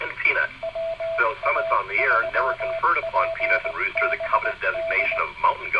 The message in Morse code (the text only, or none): WA3PBD